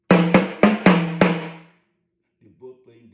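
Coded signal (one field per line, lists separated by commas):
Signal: talking drum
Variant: Yoruba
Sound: five resonant low drum strokes with slight pitch bends, then quiet low murmur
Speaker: the hunter is hunting the leopard while the leopard is hunting the hunter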